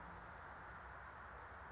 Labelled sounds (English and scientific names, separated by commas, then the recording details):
California Towhee (Melozone crissalis)
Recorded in Sonoma County, California